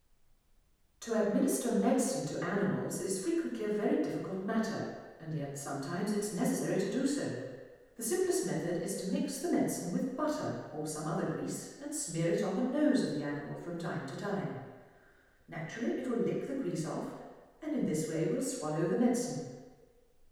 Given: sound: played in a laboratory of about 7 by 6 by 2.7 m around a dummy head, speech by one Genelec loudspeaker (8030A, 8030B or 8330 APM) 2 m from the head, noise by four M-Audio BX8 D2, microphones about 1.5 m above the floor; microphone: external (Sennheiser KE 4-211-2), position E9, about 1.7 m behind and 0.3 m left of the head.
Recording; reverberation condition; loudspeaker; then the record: female speech in English; high; 60 degrees to the left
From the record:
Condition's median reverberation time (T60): about 1300 ms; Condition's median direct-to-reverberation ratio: about -4.0 dB